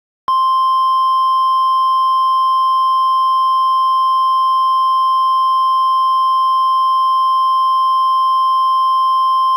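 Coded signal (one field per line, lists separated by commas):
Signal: Emergency Alert System (SAME) tones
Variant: 1050 Hz attention tone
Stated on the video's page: Mock EAS alert made with EASyPLUS and an EAS generator software; tones valid enough to trigger the alert system.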